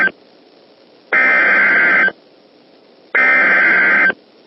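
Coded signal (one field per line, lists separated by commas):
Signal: Emergency Alert System (SAME) tones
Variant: header bursts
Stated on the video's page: Scenario compiled from real recordings of Texas fire warning EAS messages.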